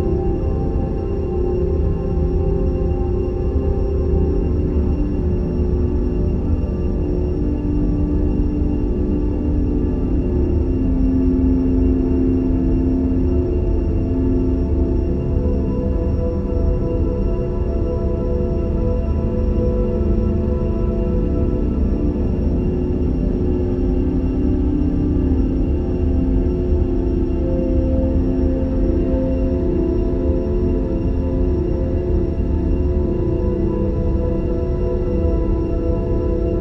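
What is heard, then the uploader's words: A spaceship ambience: a dense, steady low drone that holds at one level for the whole stretch, heaviest in the deep rumble with layered sustained tones above it. Faint high hum lines run throughout, and nothing stands out as a separate event. Deep Space Sleep Drone | Sleep Music & Spaceship Ambience.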